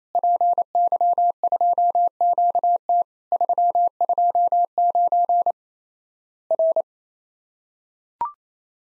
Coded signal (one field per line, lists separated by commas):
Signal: Morse code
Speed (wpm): 28 wpm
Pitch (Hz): 700 Hz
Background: none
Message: PY2QT 329 R